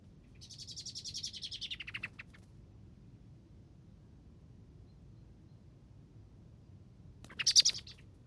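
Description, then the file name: Common blackbird call: a high, rattling chatter of quick pulses that drops in pitch at the end, then silence, then one sharp, loud burst. "Turdus merula"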